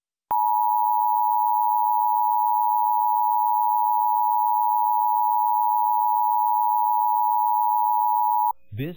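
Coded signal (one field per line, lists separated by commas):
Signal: Emergency Alert System (SAME) tones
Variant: 853 and 960 Hz attention tone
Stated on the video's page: Required monthly test SAME tones received off television.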